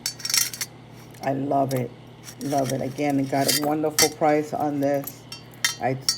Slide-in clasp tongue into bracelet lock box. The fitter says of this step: it slides in and then it locks into place.